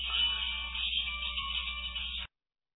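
An incoming-call ringtone plays steadily on a phone for about two seconds, a thin, bright electronic tone with a faint hum underneath, then cuts off abruptly into silence.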